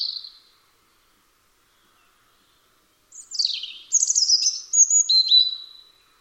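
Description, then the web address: European robin singing a high, liquid phrase of trills and thin whistles that runs about three seconds, after a brief fragment and a silent gap. "Deverinetal 2025 File origin Bird Only Er Ru"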